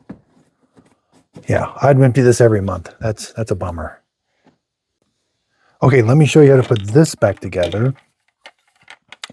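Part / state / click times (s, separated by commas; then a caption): plastic filter/cover part into robot vacuum base station / seated / 9.2 s. A person talks while reassembling a Roborock Qrevo CurvX robot vacuum's base station, putting a plastic filter/cover part in first and rotating it down. After the talking stops, a few faint handling taps follow, and the part clicks into place at 9.2 seconds.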